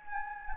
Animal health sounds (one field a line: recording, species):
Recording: mosquito wingbeat signal from an infrared sensor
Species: Anopheles gambiae